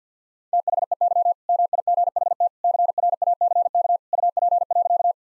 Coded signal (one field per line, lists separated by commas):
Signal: Morse code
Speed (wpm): 50 wpm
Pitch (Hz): 700 Hz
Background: none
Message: THEY MIGHT CRACK UP.